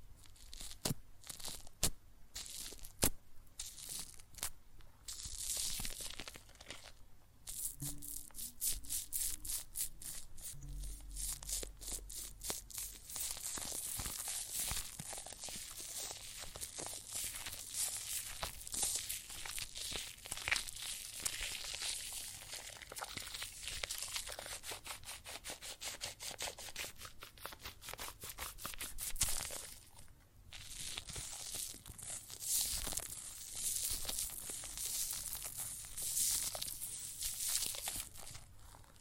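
Soap foam fizzes and crackles with water, a dense, steady hiss of tiny popping bubbles that runs the whole length. Sharper crinkling bursts come through at the start and again around thirty seconds, with a faint low hum near eight to eleven seconds.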